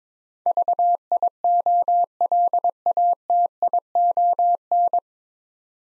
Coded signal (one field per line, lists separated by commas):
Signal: Morse code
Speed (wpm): 23 wpm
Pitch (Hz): 700 Hz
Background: none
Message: VIOLATION